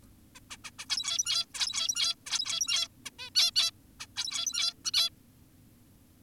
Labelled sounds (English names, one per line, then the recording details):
Zebra Finch
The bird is an adult
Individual g17y2U